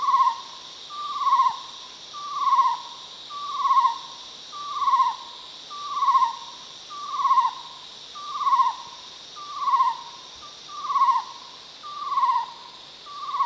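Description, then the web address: Chestnut-necklaced partridge giving a steady series of slurred whistles about every 1.2 seconds, over a constant high insect drone. Recorded at Danum on 1 March 2008. "DANUM. chestnut-necklaced hill partridge"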